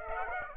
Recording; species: mosquito wingbeat signal from an infrared sensor; Aedes aegypti